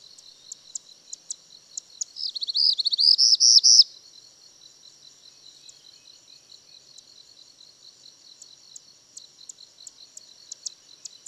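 Bird song: a single loud, rapid, high trilled phrase lasting about two seconds, set against a constant high drone and scattered faint clicking ticks.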